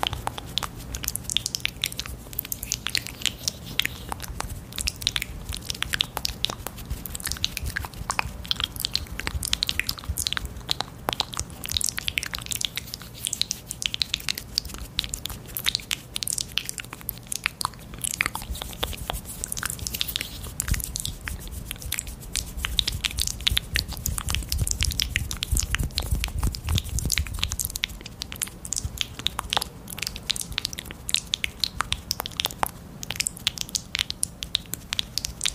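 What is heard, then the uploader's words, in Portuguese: Wet mouth sounds with small clicks and smacks run continuously and densely through the whole half minute, crisp. A faint low hum sits underneath, and around the 25-second mark a brief deeper rumble swells and fades. Um ASMR focando em sons de boca molhados e estalinhos para promover relaxamento intenso e arrepios.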